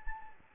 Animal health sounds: mosquito wingbeat signal from an infrared sensor; Anopheles gambiae

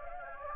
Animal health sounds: mosquito wingbeat signal from an infrared sensor; Anopheles gambiae

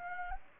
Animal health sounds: mosquito wingbeat signal from an infrared sensor; Anopheles gambiae

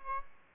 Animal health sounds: mosquito wingbeat signal from an infrared sensor; Aedes aegypti

